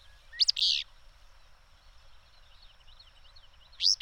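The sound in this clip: Bird chirps: a loud double chirp, a pause filled with soft repeated twitters, then another loud chirp at the end.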